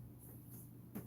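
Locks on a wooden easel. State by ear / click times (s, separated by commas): not seated / none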